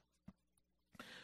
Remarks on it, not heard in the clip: This is a black and white video that the White House just tweeted this out this week. It's a silhouette of a person having a coughing fit. Get your annual COVID vaccine shot before Halloween and avoid a spooky Thanksgiving.